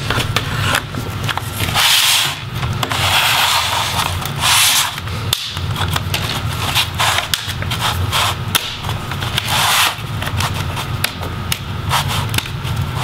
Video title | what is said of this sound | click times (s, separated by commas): How to Disassemble Acer Predator Helios 300 G3 571 Laptop or Sell it. | long as you hear the little snapping sound you're good and continue around the perimeter | 0.4 s, 5.3 s, 7.3 s, 9.4 s, 11.1 s, 11.5 s